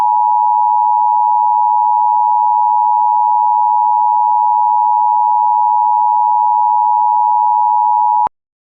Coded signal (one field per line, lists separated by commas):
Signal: Emergency Alert System (SAME) tones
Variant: 853 and 960 Hz attention tone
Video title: EAS Scenario #4 - Hyper Flash Flood